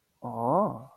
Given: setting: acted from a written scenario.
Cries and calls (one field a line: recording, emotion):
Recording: vocal sound without words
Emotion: interest